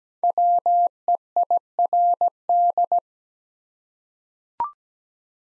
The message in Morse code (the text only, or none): WEIRD